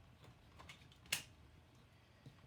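A 3D-printed plastic interlock piece is fitted into the other side of a 3D-printed transforming robot toy and slid to lock. After a few faint scrapes and taps, a sharp plastic click is heard at 1.1 s. The interlock seats and locks.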